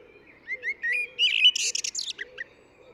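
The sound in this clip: Eurasian blackbird singing a classic phrase: low, mellow fluted whistles building into a hurried, scratchy high twitter, followed by two soft closing notes.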